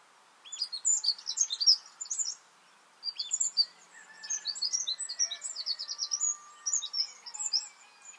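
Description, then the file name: Eurasian wren song: quick high twittering phrases in two bursts, with soft drawn-out whistles from other birds in the background. "Troglodytes troglodytes"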